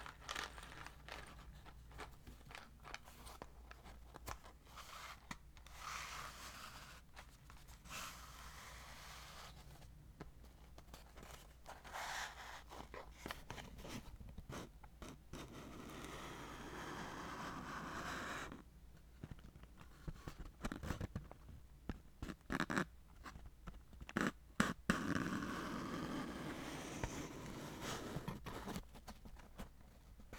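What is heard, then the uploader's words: Wooden matches and glass handled in a run of small clicks, scrapes and rubs, the movement nearly continuous for the whole half minute. A steady low hum sits underneath. Sharper strikes and scratches bunch together between about eighteen and twenty-six seconds. Wooden matches and glass.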